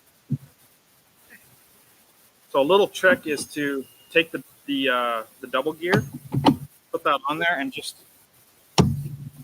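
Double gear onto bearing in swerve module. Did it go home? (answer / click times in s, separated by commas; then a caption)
yes / 8.8 s. A double gear is pressed by hand onto a bearing in an MK5n swerve module while someone talks. With weight put into it, a sharp snap is heard at 8.8 seconds as the gear pops down flush and seats on the bearing.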